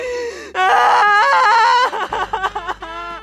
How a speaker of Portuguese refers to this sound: A música já abre o CD assim, com aquele vozeirão absurdo e encorpado